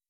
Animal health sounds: hydrophone in a shrimp aquaculture tank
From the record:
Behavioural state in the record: weakened

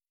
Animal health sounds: hydrophone in a shrimp aquaculture tank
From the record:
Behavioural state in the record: feeding

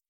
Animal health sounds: hydrophone in a shrimp aquaculture tank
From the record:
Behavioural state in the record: feeding

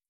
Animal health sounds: hydrophone in a shrimp aquaculture tank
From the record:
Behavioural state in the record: starved

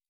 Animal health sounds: hydrophone in a shrimp aquaculture tank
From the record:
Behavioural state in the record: stressed

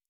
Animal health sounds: hydrophone in a shrimp aquaculture tank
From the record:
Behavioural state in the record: normal

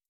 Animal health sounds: hydrophone in a shrimp aquaculture tank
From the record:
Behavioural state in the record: feeding

